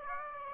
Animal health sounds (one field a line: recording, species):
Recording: mosquito wingbeat signal from an infrared sensor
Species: Aedes aegypti